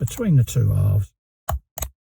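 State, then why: Seated. Someone talks, then a small plastic clip is pushed between the two tyre inner parts of a 1:6 scale DeAgostini Ford Mustang Shelby GT500 model wheel (Pack 2). A short sound comes at 1.5 s, then a sharp click at 1.8 s as the clip seats in place.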